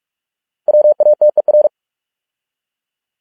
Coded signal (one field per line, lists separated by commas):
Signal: Morse code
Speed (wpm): 46 wpm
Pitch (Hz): 600 Hz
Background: none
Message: WATER